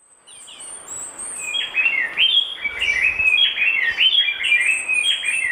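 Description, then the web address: Gray-breasted wood-wren song: a fast tumbling run of whistled, rising and falling notes, with thin high whistles above, building in loudness at the start. Lower subtropical zone, Ecuador. "Natures Songs S America Birds of Ecuador Gray-breasted Wood-Wren (lower subtropical)"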